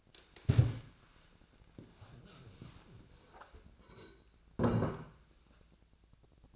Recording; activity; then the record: daily activity, microphone in the room; stand up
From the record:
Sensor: 2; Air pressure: 1000.4 hPa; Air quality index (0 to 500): 158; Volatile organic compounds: 3 ppm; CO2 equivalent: 1327 ppm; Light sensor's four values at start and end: 8/20/8/9 and 9/18/8/9